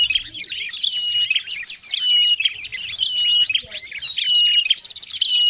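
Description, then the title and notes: Birds chirping together in a busy twittering mass, with a clear, flat whistled note repeated about once a second above the chatter. Noisy birds, used as a master lure ('pikat') for catching birds. "Burung Ribut Pikat"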